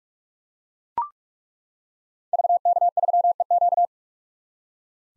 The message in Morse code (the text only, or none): VK3EQ